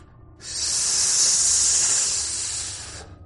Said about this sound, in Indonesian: Ular itu mendesis dan kian mendekat, membuat Dina merinding karena wujud ular yang 3 kali lipat besarnya dari badannya sendiri.